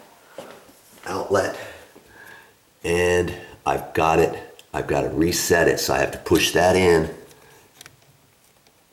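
Someone talks while getting ready to push in the plastic reset button on a GFI (ground-fault) outlet, then a few faint taps follow near the end. The button has not snapped or latched in yet.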